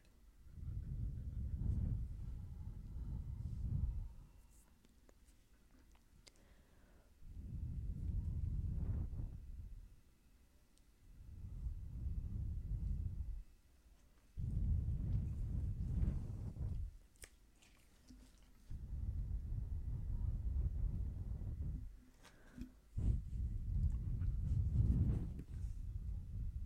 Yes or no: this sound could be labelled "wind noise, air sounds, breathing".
yes